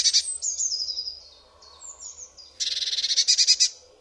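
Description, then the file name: Eurasian blue tit with thin descending whistled notes followed by a loud, buzzy churring run of rapid notes. "MODRASZKA"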